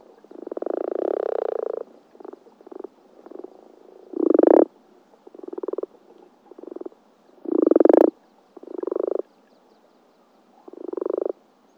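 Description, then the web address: Common frog croaks, low pulsed grunting purrs in short bursts of varying length, some louder and rising, repeated irregularly every second or two. Recorded at Sissonne, France. "Sissonne Environnement Audiosflashcodes Grenouille-rousse"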